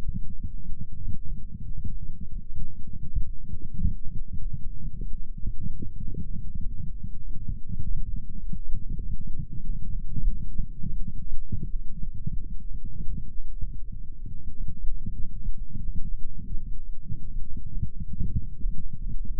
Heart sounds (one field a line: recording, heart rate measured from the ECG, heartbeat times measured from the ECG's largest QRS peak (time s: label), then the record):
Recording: heart sounds by microphone in the right ear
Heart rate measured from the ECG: 97 bpm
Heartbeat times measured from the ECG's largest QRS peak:
0.32 s: heartbeat
0.95 s: heartbeat
1.61 s: heartbeat
2.25 s: heartbeat
2.85 s: heartbeat
3.47 s: heartbeat
4.11 s: heartbeat
4.75 s: heartbeat
5.35 s: heartbeat
5.94 s: heartbeat
6.56 s: heartbeat
7.18 s: heartbeat
7.78 s: heartbeat
8.36 s: heartbeat
8.96 s: heartbeat
9.59 s: heartbeat
10.21 s: heartbeat
10.81 s: heartbeat
11.40 s: heartbeat
12.00 s: heartbeat
12.64 s: heartbeat
13.28 s: heartbeat
13.88 s: heartbeat
14.49 s: heartbeat
15.12 s: heartbeat
15.77 s: heartbeat
16.41 s: heartbeat
17.02 s: heartbeat
17.65 s: heartbeat
18.29 s: heartbeat
18.95 s: heartbeat
From the record:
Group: healthy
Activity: light exercise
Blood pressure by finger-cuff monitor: 124/66 mmHg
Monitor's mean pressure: 79 mmHg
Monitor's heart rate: 97 bpm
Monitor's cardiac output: 7.3 L/min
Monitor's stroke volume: 74 mL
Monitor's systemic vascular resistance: 790 dyn s/cm5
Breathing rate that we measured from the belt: 22 breaths a minute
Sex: male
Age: 20 years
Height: 167 cm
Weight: 61 kg